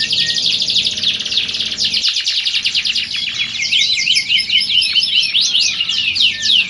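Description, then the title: Canary song with fast buzzy rolls giving way to looping, zigzag whistled notes in the second half, continuous and lively. Belgian canary; warm-up song used for singing contest training, simulating a contest to train a champion canary's mentality. "Canto Para Esquentar Canário Belga. Simulasi Lomba Kenari. Suara Kenari Lomba. Melatih Mental Kenari Juara"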